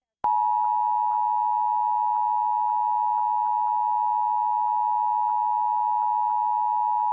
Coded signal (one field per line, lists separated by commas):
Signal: Emergency Alert System (SAME) tones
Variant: 853 and 960 Hz attention tone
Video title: Arizona EAS Alert: Law Enforcement Warning (09/14/2023) [Check Desc.]